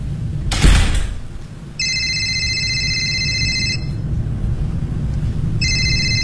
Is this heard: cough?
no